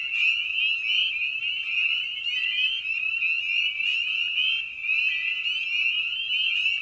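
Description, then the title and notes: Spring peepers in full chorus, sharp rising whistled peeps piling over one another without pause. Evening at a frog pond; presented in a modified format intended as a sleep aid. "Episode 5: Night of the Peepers. frog pond. Spring Peeper (Pseudacris crucifer). Ian Carlsen"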